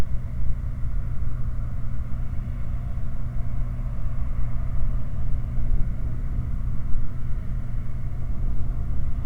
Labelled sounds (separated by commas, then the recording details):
machinery, flare stack
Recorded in the Prudhoe Bay oil fields, Alaska, on 4 August 2019 at 20:34
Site 29